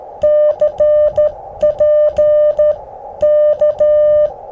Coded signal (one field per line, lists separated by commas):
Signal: Morse code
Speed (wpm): 13 wpm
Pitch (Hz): 600 Hz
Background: music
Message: CP K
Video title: Using the G0NVT PB213 Straight Key: Parks on the Air @ K-2195 Reed Bingham State Park & Easter Eggs!